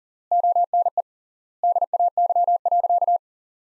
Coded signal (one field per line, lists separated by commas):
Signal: Morse code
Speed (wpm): 40 wpm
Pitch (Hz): 700 Hz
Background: none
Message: ONE DAY.